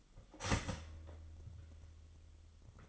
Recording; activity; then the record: daily activity, microphone in the room; start toaster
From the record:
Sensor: 4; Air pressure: 1002.9 hPa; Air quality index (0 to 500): 242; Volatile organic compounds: 18 ppm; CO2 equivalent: 2626 ppm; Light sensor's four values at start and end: 19/66/25/24 and 19/63/23/22